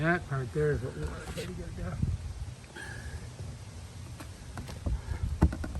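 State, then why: Seated. A cracked plastic front bumper cover on a Volt is pushed back into its body mounting clips. Someone talks at the start, followed by quieter handling noise and a few faint knocks. Then three quick clicks at 5.4, 5.5 and 5.6 seconds as the cover snaps back into place and is seated.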